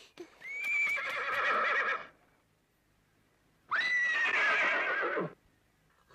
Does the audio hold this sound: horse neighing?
yes